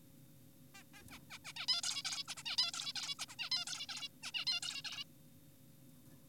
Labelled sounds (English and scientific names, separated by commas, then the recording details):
Zebra Finch (Taeniopygia guttata)
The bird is an adult
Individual g4p5U